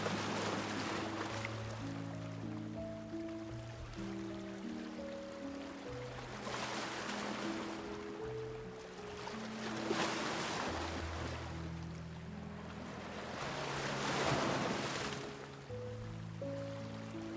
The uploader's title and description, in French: MUSIQUE Douce et Son des VAGUES. Mêlant subtilement des mélodies douces à l'apaisant bruit des vagues